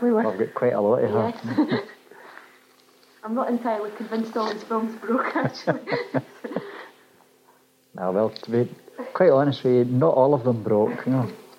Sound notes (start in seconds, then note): 1.2 laughs; 5.1 both laugh